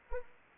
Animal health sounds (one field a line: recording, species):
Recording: mosquito wingbeat signal from an infrared sensor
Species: Anopheles arabiensis